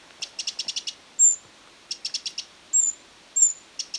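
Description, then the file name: Eurasian wren giving dry ticking calls in quick bursts of five or six, mixed with three thin, high whistled notes that slide downward. "Troglodytes troglodytes"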